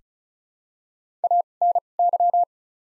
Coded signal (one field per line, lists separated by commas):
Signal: Morse code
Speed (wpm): 34 wpm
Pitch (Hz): 700 Hz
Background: none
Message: A N Y